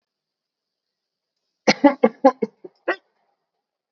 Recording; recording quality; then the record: heavy voluntary cough; excellent, no background noise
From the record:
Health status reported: COVID-19 positive, no symptoms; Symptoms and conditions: sore throat, muscle pain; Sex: female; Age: 50 years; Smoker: not ticked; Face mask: not worn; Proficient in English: no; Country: India